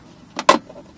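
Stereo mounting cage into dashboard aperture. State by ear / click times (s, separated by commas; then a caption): seated / 0.5 s. A metal mounting cage for a single-DIN stereo head unit is slid into the dashboard aperture of a Vauxhall Combo / Corsa C. A softer scraping transient at about 0.4 s is followed by a sharp, bright click at 0.5 s as the cage clicks into place and is seated in the dash.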